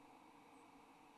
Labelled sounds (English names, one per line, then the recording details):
White-throated Sparrow flight call
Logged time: 01:21 on 29 November 2014